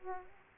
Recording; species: mosquito wingbeat signal from an infrared sensor; Aedes aegypti